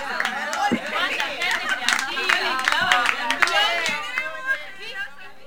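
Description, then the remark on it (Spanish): A crowd chatters and cheers while scattered hand claps break through now and then, irregular rather than a steady wave of applause, with many excited voices overlapping throughout. “¡Un aplauso!”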